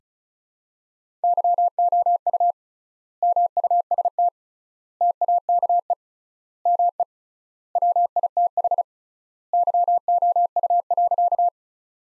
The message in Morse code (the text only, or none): YOU MUST TAKE ME WITH YOU.